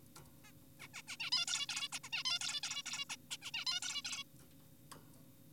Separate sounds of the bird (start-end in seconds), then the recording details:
0.44-0.52, 0.80-0.88, 0.94-1.02, 1.08-1.17, 1.20-1.30, 1.32-1.46, 1.48-1.67, 1.69-1.88, 1.92-1.99, 2.04-2.10, 2.13-2.23, 2.25-2.39, 2.41-2.61, 2.63-2.83, 2.86-3.05, 3.10-3.16, 3.31-3.37, 3.42-3.51, 3.54-3.65, 3.67-3.80, 3.82-4.02, 4.05-4.24. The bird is an adult. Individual g4p5U